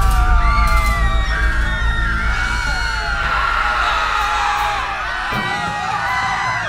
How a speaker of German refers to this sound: Sofort brach Panik aus und die Menschen versuchten in alle Richtungen vor der Explosion davonzulaufen.